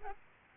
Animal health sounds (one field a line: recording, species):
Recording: mosquito wingbeat signal from an infrared sensor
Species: Aedes albopictus